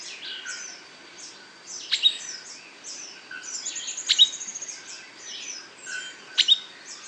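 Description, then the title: Streaked flycatcher singing a short, piercing squeaky phrase roughly every two seconds, three times, amid busy high twittering. Subspecies solitarius. "LuckyPassaro Completos2Sama. Streaked Flycatcher"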